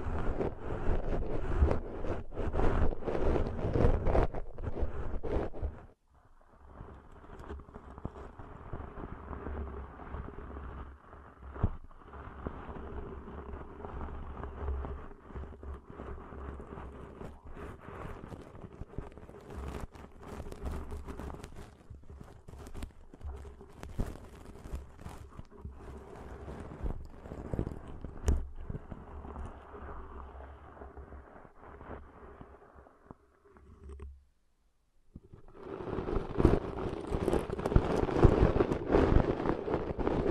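Ear cleaning sounds: dense crackling, scratching and rubbing with a low rumbling underneath. A loud, busy stretch opens the first six seconds, then a softer, steady scraping with a constant low hum runs to about 34 seconds, a brief near-silence, and loud rustling returns.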